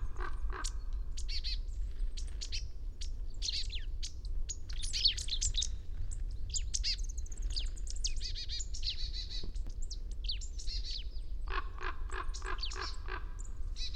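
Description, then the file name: Marsh tit giving high, quick chirping calls, then a run of buzzy, harsh repeated notes near the end, with constant low background rumble. "Poecile palustris"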